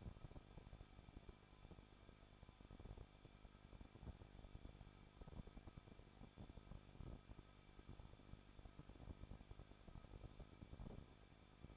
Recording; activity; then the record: daily activity, microphone in the room; no activity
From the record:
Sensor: 5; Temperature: 20.9 degrees Celsius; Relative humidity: 38.1%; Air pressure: 1006.4 hPa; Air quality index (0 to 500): 187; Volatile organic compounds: 18 ppm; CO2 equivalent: 2624 ppm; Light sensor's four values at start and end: 2/3/1/1 and 2/3/1/1